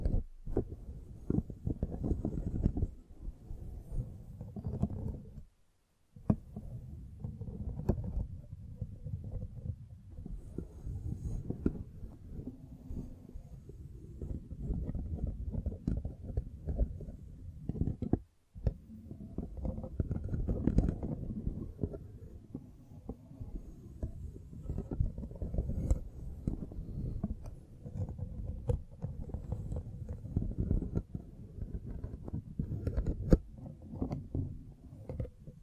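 A microphone is brushed and scratched, producing a dense, low, rumbling rustle that shifts constantly in strength. The handling noise keeps up through nearly all of it, broken by a brief silence around six seconds and another near eighteen seconds.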